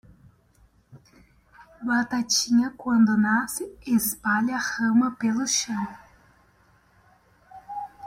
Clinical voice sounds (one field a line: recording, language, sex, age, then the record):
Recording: short text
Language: Brazilian Portuguese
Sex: female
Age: 20 to 29 years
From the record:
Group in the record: control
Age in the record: 22 years